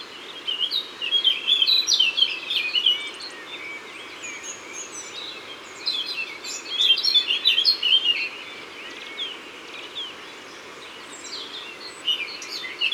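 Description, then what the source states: Eurasian blackcap song: two stretches of bright, hurried warbling notes, separated by a quiet pause. Recorded in Isère.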